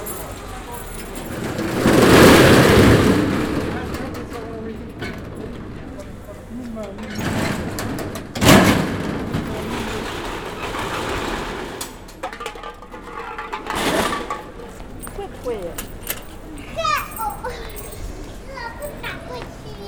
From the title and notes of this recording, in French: La compositrice Marie-Hélène Bernard tend son micro dans les ruelles du quartier populaire de Belsunce, à Marseille.